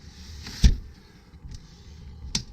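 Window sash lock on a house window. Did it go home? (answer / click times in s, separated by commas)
no / none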